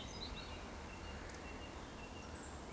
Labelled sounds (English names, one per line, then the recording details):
Eurasian Woodcock whistle
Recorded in Baden-Württemberg, Germany, on 15 June 2020 at 20:12 UTC
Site 14569, 102 m above sea level